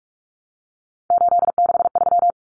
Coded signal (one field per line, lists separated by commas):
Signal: Morse code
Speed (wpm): 44 wpm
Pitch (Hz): 700 Hz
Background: none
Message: 863